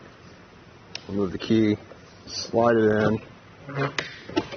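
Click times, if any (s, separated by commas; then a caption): none. With the key removed, since it isn't needed to push the arm in, the adjustable arm of a LockRack Series-X Adjustable Stand-Up Paddle Board Carrier is slid into its base on the roof bar, set in the furthest-out hole. Someone talks throughout, with brief sharp sounds at about 1.0 s and 4.4 s. The arm has not yet snapped into place; nothing has seated.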